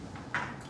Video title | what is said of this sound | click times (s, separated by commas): Set up REL | มีเขี้ยวเรามีเขี้ยวให้ตรงกันเสร็จแล้วหมุนจนมันดังคลิกนี่คือล็อคเรียบร้อยครับ | 0.3 s